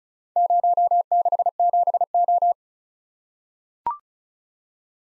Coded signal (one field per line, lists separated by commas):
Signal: Morse code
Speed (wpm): 36 wpm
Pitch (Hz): 700 Hz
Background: none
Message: 067O